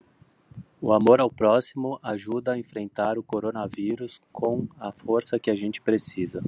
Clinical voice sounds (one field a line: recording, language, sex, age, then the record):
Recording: spoken sentence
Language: Brazilian Portuguese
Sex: male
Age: 40 to 49 years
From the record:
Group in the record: control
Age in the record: 43 years